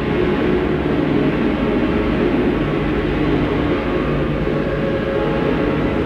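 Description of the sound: A simulated tinnitus sound.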